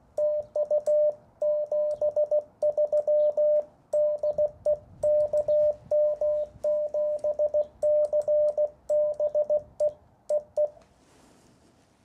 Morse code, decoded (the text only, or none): TU 73 DE KM7CBE EE